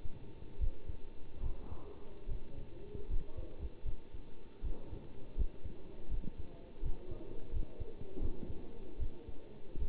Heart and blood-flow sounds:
heart sounds by stethoscope; between the tricuspid and mitral areas; 78 bpm
0.60 s: heartbeat
1.42 s: heartbeat
2.28 s: heartbeat
3.09 s: heartbeat
3.85 s: heartbeat
4.63 s: heartbeat
5.37 s: heartbeat
6.10 s: heartbeat
6.82 s: heartbeat
7.52 s: heartbeat
8.21 s: heartbeat
8.99 s: heartbeat
9.78 s: heartbeat
From the record:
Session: bicycle stress test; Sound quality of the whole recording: good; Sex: male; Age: 27 years

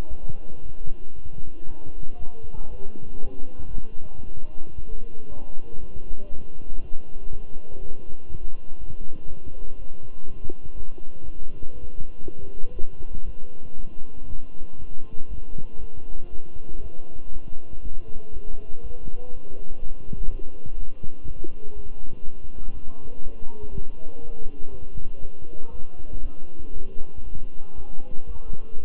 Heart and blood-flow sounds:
heart sounds by stethoscope; between the tricuspid and mitral areas; 119 bpm
0.09 s: heartbeat
0.61 s: heartbeat
1.14 s: heartbeat
1.67 s: heartbeat
2.18 s: heartbeat
2.70 s: heartbeat
3.23 s: heartbeat
3.74 s: heartbeat
4.25 s: heartbeat
4.76 s: heartbeat
5.28 s: heartbeat
5.79 s: heartbeat
6.30 s: heartbeat
6.80 s: heartbeat
7.31 s: heartbeat
7.81 s: heartbeat
8.30 s: heartbeat
8.79 s: heartbeat
9.28 s: heartbeat
9.77 s: heartbeat
10.26 s: heartbeat
10.75 s: heartbeat
11.24 s: heartbeat
11.74 s: heartbeat
12.24 s: heartbeat
12.74 s: heartbeat
13.25 s: heartbeat
13.75 s: heartbeat
14.26 s: heartbeat
14.78 s: heartbeat
15.29 s: heartbeat
15.79 s: heartbeat
16.30 s: heartbeat
16.82 s: heartbeat
17.32 s: heartbeat
17.82 s: heartbeat
18.32 s: heartbeat
18.82 s: heartbeat
19.32 s: heartbeat
19.81 s: heartbeat
20.29 s: heartbeat
20.78 s: heartbeat
21.26 s: heartbeat
21.75 s: heartbeat
22.24 s: heartbeat
22.73 s: heartbeat
23.22 s: heartbeat
23.71 s: heartbeat
24.20 s: heartbeat
24.70 s: heartbeat
25.20 s: heartbeat
25.71 s: heartbeat
26.21 s: heartbeat
26.72 s: heartbeat
27.24 s: heartbeat
27.76 s: heartbeat
28.27 s: heartbeat
28.78 s: heartbeat
From the record:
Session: walking at 3.7 km/h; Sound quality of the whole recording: good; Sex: male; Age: 23 years

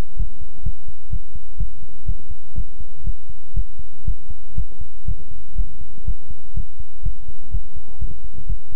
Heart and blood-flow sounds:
heart sounds by stethoscope; between the tricuspid and mitral areas; 123 bpm
0.17 s: heartbeat
0.63 s: heartbeat
1.10 s: heartbeat
1.58 s: heartbeat
2.06 s: heartbeat
2.55 s: heartbeat
3.04 s: heartbeat
3.54 s: heartbeat
4.05 s: heartbeat
4.55 s: heartbeat
5.05 s: heartbeat
5.56 s: heartbeat
6.05 s: heartbeat
6.54 s: heartbeat
7.03 s: heartbeat
7.51 s: heartbeat
7.99 s: heartbeat
8.47 s: heartbeat
From the record:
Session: pedaling a stationary bicycle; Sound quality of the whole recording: good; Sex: male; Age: 24 years

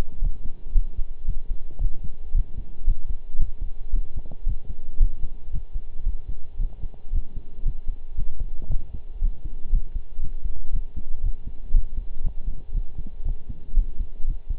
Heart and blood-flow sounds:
heart sounds by stethoscope; between the tricuspid and mitral areas; 115 bpm
0.22 s: heartbeat
0.75 s: heartbeat
1.27 s: heartbeat
1.81 s: heartbeat
2.34 s: heartbeat
2.87 s: heartbeat
3.40 s: heartbeat
3.93 s: heartbeat
4.46 s: heartbeat
5.00 s: heartbeat
5.53 s: heartbeat
6.06 s: heartbeat
6.59 s: heartbeat
7.13 s: heartbeat
7.66 s: heartbeat
8.18 s: heartbeat
8.70 s: heartbeat
9.22 s: heartbeat
9.72 s: heartbeat
10.22 s: heartbeat
10.73 s: heartbeat
11.23 s: heartbeat
11.73 s: heartbeat
12.24 s: heartbeat
12.74 s: heartbeat
13.25 s: heartbeat
13.76 s: heartbeat
14.27 s: heartbeat
From the record:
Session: pedaling a stationary bicycle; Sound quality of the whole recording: partially saturated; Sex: male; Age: 23 years

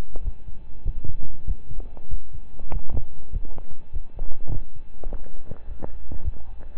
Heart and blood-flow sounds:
heart sounds by stethoscope; between the tricuspid and mitral areas; 101 bpm
0.22 s: heartbeat
0.83 s: heartbeat
1.45 s: heartbeat
2.08 s: heartbeat
2.70 s: heartbeat
3.30 s: heartbeat
3.91 s: heartbeat
4.50 s: heartbeat
5.14 s: heartbeat
5.65 s: heartbeat
6.22 s: heartbeat
6.77 s: heartbeat
From the record:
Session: rest, lying down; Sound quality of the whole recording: partially saturated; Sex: male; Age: 25 years

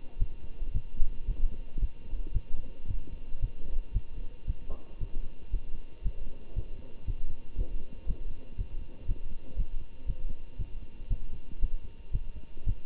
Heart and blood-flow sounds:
heart sounds by stethoscope; between the tricuspid and mitral areas; 115 bpm
0.18 s: heartbeat
0.72 s: heartbeat
1.26 s: heartbeat
1.79 s: heartbeat
2.32 s: heartbeat
2.86 s: heartbeat
3.40 s: heartbeat
3.92 s: heartbeat
4.46 s: heartbeat
4.99 s: heartbeat
5.51 s: heartbeat
6.02 s: heartbeat
6.54 s: heartbeat
7.06 s: heartbeat
7.56 s: heartbeat
8.06 s: heartbeat
8.56 s: heartbeat
9.06 s: heartbeat
9.56 s: heartbeat
10.06 s: heartbeat
10.57 s: heartbeat
11.08 s: heartbeat
11.59 s: heartbeat
12.11 s: heartbeat
12.65 s: heartbeat
From the record:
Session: Bruce protocol treadmill stress test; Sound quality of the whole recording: good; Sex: male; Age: 25 years

